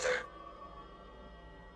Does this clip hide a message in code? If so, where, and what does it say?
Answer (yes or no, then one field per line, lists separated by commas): no